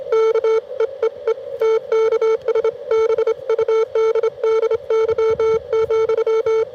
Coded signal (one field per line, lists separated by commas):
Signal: Morse code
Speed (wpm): 28 wpm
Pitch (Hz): 450 Hz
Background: none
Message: K EEE TKS BUDDY,